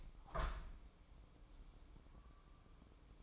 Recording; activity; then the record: daily activity, microphone in the room; open window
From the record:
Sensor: 1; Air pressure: 1000.5 hPa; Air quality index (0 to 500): 174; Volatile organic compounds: 4 ppm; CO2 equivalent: 1602 ppm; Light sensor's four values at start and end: 10/24/10/11 and 10/24/10/12